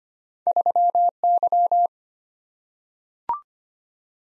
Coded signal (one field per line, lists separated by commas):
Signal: Morse code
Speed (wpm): 25 wpm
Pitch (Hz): 700 Hz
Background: none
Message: 3Y